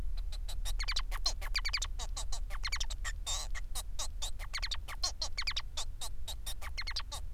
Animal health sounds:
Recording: song of a male Bengalese finch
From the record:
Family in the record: son of father 4

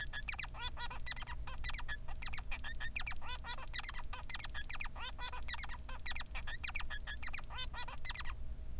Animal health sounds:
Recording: song of a male Bengalese finch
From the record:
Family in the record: son of father 3

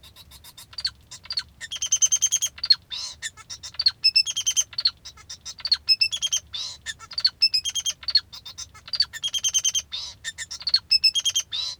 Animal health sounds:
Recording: song of a male Bengalese finch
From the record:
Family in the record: father 2

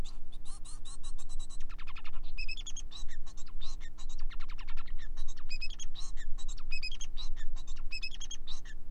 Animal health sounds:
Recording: song of a male Bengalese finch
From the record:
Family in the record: son of father 4

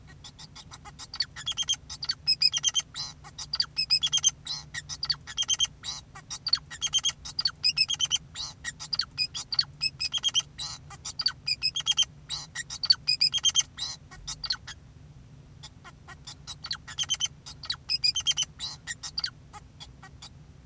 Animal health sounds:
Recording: song of a male Bengalese finch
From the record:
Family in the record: son of father 2, and himself father 4

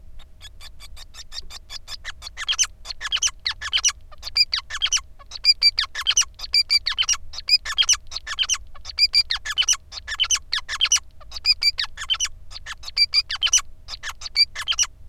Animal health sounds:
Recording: song of a male Bengalese finch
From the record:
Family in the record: son of father 5

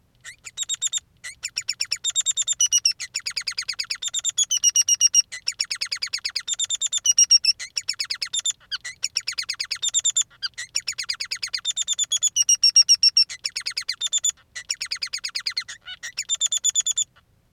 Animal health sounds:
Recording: song of a male Bengalese finch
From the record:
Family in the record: son of father 3

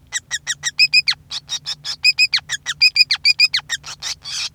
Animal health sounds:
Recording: song of a male Bengalese finch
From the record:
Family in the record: son of father 5

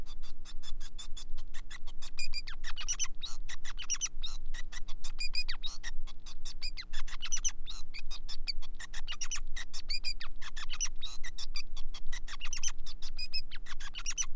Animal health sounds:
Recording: song of a male Bengalese finch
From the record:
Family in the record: son of father 5

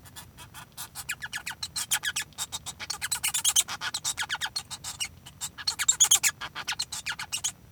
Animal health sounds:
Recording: song of a male Bengalese finch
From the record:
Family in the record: son of father 1

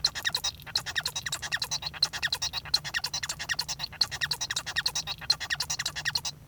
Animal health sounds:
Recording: song of a male Bengalese finch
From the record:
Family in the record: son of father 1

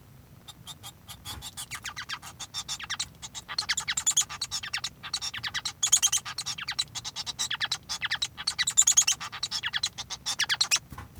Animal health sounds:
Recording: song of a male Bengalese finch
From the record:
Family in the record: son of father 1

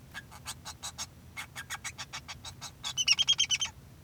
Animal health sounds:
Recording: song of a male Bengalese finch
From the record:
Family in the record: son of father 2

